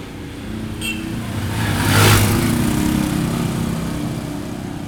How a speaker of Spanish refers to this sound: También se ve en el barrio Los Pujitos, el tránsito está demasiado poblado de carros, buses. Solo para Aranjuez hay 4 rutas de bus.